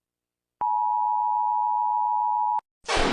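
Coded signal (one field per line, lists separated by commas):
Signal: Emergency Alert System (SAME) tones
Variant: 853 and 960 Hz attention tone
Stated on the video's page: Part of a simulated EAS scenario.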